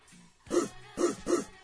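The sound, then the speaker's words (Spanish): A person in another room imitates a dog barking, giving three short, loud woofs in quick succession after a faint murmur, each bark punchy and mid-pitched. “Estaba haciendo el perro, en el otro cuarto.”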